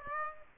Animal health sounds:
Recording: mosquito wingbeat signal from an infrared sensor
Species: Aedes aegypti

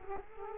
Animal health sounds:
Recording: mosquito wingbeat signal from an infrared sensor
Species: Culex quinquefasciatus

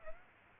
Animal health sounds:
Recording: mosquito wingbeat signal from an infrared sensor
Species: Aedes aegypti

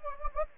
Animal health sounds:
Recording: mosquito wingbeat signal from an infrared sensor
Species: Anopheles gambiae

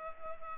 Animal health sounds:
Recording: mosquito wingbeat signal from an infrared sensor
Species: Culex pipiens

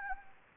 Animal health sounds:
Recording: mosquito wingbeat signal from an infrared sensor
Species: Anopheles arabiensis

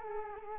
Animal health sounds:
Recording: mosquito wingbeat signal from an infrared sensor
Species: Culex quinquefasciatus

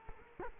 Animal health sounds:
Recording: mosquito wingbeat signal from an infrared sensor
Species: Culex quinquefasciatus

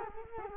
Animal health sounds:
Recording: mosquito wingbeat signal from an infrared sensor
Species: Culex quinquefasciatus

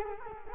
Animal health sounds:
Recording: mosquito wingbeat signal from an infrared sensor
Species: Culex quinquefasciatus

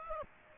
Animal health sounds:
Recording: mosquito wingbeat signal from an infrared sensor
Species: Aedes aegypti

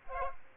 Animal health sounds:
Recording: mosquito wingbeat signal from an infrared sensor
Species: Aedes aegypti

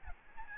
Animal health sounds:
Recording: mosquito wingbeat signal from an infrared sensor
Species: Aedes albopictus

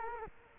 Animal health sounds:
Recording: mosquito wingbeat signal from an infrared sensor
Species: Culex quinquefasciatus

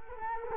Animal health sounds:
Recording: mosquito wingbeat signal from an infrared sensor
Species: Culex quinquefasciatus

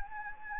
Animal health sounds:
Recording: mosquito wingbeat signal from an infrared sensor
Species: Anopheles gambiae

